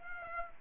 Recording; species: mosquito wingbeat signal from an infrared sensor; Aedes aegypti